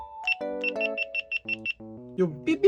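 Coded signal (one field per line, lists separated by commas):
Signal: none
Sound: action camera power beeps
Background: speech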